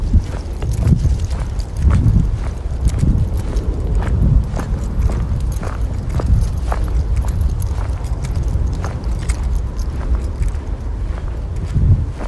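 A walk in the woods with a dog: footsteps crunch and thud steadily on the ground, with low rumbling bumps every second or so. Short sharp clicks and snaps, like twigs and leaves underfoot, scatter densely throughout.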